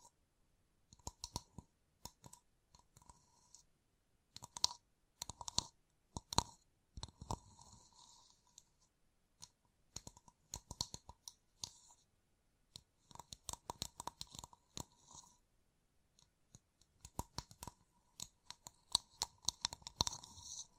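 Gem-covered fingertips tap and scratch in quick bursts of sharp clicks, arriving in clusters separated by short pauses throughout. The clicks sound bright and glassy, with a faint ringing tone around some taps and light scratchy rustle between them.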